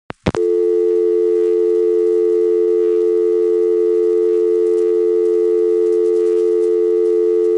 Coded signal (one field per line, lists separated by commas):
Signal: telephone call progress tone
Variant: North America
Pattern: dial tone